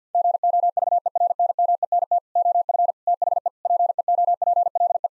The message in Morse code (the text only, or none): GOVERNMENT OF THE PEOPLE